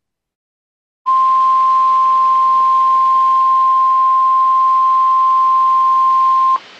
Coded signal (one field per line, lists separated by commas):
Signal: Emergency Alert System (SAME) tones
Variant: 1050 Hz attention tone